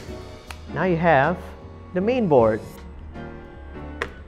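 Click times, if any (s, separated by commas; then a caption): 0.5 s. The main board of a Clockwork Pi GameShell portable game console, mounted on plastic, has its holes lined up with the pegs of the console's plastic frame and is pressed down. It snaps onto the pegs with a sharp click at 0.5 s, seating it, and a second short, sharp hit comes at 4.0 s. Someone talks in between.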